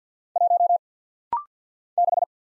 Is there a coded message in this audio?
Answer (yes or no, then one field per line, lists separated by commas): yes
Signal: Morse code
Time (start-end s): 0.4-2.2 s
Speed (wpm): 50 wpm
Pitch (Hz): 700 Hz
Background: none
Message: 1 6